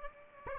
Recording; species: mosquito wingbeat signal from an infrared sensor; Aedes aegypti